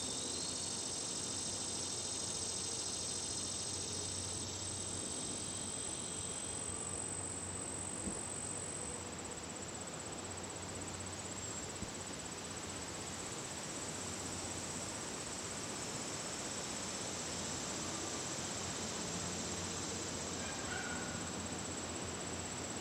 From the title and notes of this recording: Catskills, Outdoor Dusk, Train In Distance by Bandeto.